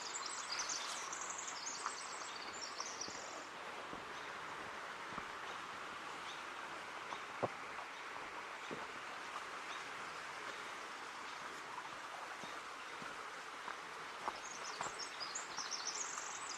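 Forest ambience in Portland's Ancient Forest Preserve: a steady, even hiss fills the whole clip, like running water or distant traffic. Quick, bright bird chirps sound in the first two seconds and again near the end, with scattered soft clicks in between.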